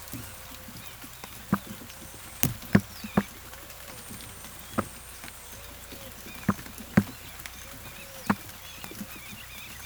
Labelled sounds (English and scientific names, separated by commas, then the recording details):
none
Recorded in pastures near Puerto Asís, Putumayo, Colombia, on 19 June 2025 at 16:00
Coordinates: 0.487, -76.322
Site H26